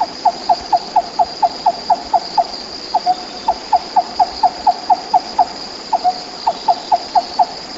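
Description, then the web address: Mountain barbet calling with short, hollow notes repeated rapidly in steady runs, each run broken by brief pauses, over a constant high insect whine. "RAFFCNTRE. mountain barbet"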